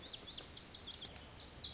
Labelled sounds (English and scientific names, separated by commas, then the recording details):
Lazuli Bunting (Passerina amoena)
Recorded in Sonoma County, California